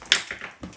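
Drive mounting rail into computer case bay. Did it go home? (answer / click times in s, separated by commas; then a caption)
yes / 0.1 s. A plastic drive mounting rail is pushed back into place on a computer case's drive bay, giving a sharp snap at 0.1 s followed by a few fainter plastic taps. The rail is seated.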